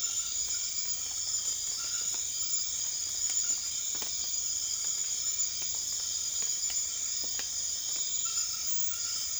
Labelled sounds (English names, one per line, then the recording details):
none
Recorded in secondary vegetation near Puerto Asís, Putumayo, Colombia, on 28 February 2025 at 23:00
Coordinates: 0.500, -76.326
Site GP04